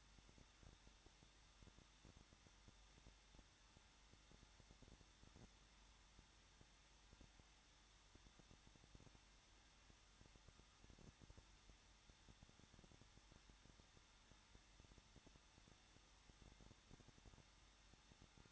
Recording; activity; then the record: daily activity, microphone in the room; no activity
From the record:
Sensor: 3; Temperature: 21.2 degrees Celsius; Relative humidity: 36.4%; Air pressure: 1006.4 hPa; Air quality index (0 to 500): 223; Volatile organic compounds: 43 ppm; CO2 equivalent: 3191 ppm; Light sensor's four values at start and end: 2/3/2/2 and 2/3/2/2